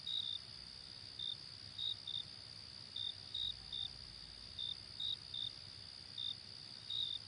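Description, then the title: Cricket chirping, short high chirps in uneven pairs and singles over a steady high-pitched insect drone that runs throughout. Night-time ambience. "Night Ambience with Cricket Sound"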